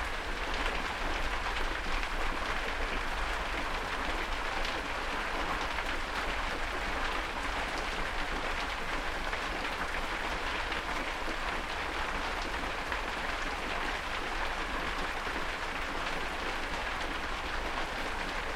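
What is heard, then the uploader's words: A storm recorded from a shed: a dense, steady hiss of rain pattering on a surface, unbroken for the whole stretch. The patter is bright and crackling, with a faint low rumble underneath and no separate events standing out. Storm recorded from my shed. Somercotes, Derbyshire.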